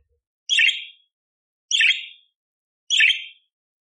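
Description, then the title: Budgerigar calls, three harsh buzzy chirps evenly spaced a little over a second apart, nothing else heard. Budgerigar masteran with clear, loud chattering (gacor) and rough bursts, used to train other songbirds such as the kacer. "Masteran Burung Parkit Gacor Jernih Full Isian Tembakan Kasar Cocok Buat Kacer"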